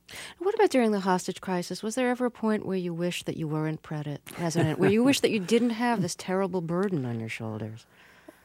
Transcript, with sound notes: What about during the hostage crisis? Was there ever a point where you wished that you weren't president...
(laughs)
... where you wished that you didn't have this terrible burden on your shoulders?